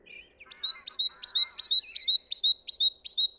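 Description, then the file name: Great tit song of clear paired whistled notes, high then lower, repeated rapidly about eight times, with a few softer chattering notes near the start. "Parus major"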